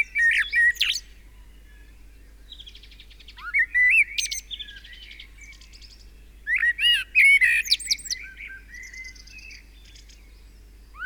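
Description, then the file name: Common blackbird song: three fluting whistled phrases with high squeaky twitters, spaced a few seconds apart. "Turdus merula"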